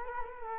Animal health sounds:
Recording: mosquito wingbeat signal from an infrared sensor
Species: Culex quinquefasciatus

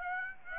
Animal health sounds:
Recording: mosquito wingbeat signal from an infrared sensor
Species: Aedes aegypti

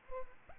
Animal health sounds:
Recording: mosquito wingbeat signal from an infrared sensor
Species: Culex pipiens

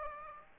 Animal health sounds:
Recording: mosquito wingbeat signal from an infrared sensor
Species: Aedes aegypti

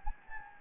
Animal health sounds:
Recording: mosquito wingbeat signal from an infrared sensor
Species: Anopheles gambiae

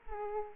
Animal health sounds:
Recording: mosquito wingbeat signal from an infrared sensor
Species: Aedes aegypti

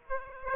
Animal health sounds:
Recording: mosquito wingbeat signal from an infrared sensor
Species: Aedes aegypti

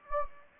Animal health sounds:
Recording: mosquito wingbeat signal from an infrared sensor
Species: Anopheles gambiae

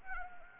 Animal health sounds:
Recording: mosquito wingbeat signal from an infrared sensor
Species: Anopheles gambiae

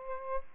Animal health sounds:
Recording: mosquito wingbeat signal from an infrared sensor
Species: Aedes aegypti

